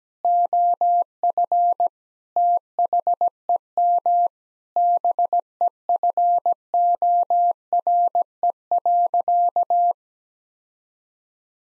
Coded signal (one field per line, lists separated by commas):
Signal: Morse code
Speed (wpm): 17 wpm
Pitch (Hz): 700 Hz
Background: none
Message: OF THEM BEFORE.